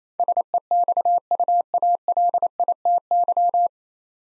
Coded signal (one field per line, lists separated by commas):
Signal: Morse code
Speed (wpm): 29 wpm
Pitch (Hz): 700 Hz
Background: none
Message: SEXUALITY